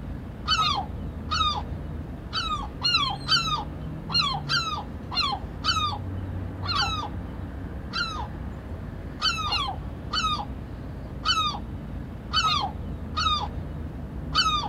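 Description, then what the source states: Herring Gull loud laughing yelps, sharp downslurred notes repeated in irregular series, sometimes doubled, with a low hum underneath throughout. Featured as Yle's nature sound of the week.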